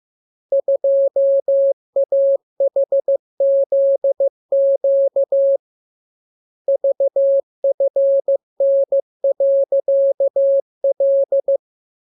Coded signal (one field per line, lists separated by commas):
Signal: Morse code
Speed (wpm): 15 wpm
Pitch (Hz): 550 Hz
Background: none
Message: 2AHZQ VFN.L